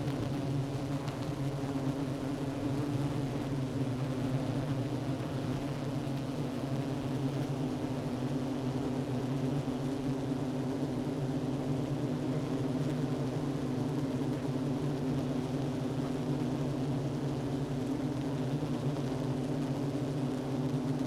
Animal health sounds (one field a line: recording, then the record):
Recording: honeybee colony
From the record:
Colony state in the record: active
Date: 12 June 2018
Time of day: 10:33